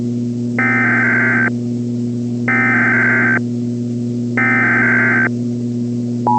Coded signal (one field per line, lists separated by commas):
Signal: Emergency Alert System (SAME) tones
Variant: header bursts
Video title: The Infection (EAS Scenario)